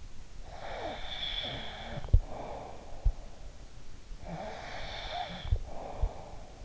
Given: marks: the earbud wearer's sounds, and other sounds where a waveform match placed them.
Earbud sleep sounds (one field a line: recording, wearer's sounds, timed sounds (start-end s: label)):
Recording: sounds in sleep by an in-ear microphone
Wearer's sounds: snoring breath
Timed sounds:
0.45-2.99 s: snoring breath
4.29-6.65 s: snoring breath